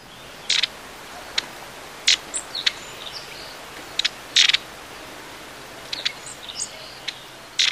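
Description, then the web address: Long-tailed tit calls: sharp, rattling bursts scattered irregularly, mixed with thin, very high tsee notes over a soft steady hiss. "Bird Song Site Tit, Long-tailed - Mesange (longue queue )"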